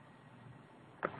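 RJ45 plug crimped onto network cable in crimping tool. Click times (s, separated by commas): 1.0 s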